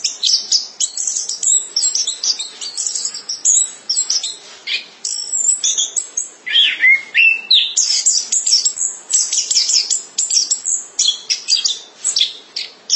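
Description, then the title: Thrush pouring out a long, continuous medley of high chirps and trills, broken midway by a brief swooping whistle. "burung anis"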